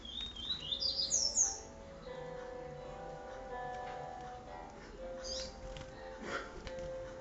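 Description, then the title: Double-collared Seedeater song, one brisk high phrase of bright notes rising in pitch during the first two seconds, then only a soft hum and a few faint chirps. "Canto Coleiro"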